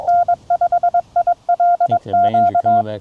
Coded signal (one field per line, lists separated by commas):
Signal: Morse code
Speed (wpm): 22 wpm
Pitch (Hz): 690 Hz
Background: speech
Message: N5ILQ